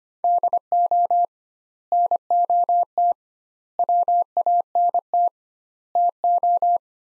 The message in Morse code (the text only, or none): DO NOT WANT TO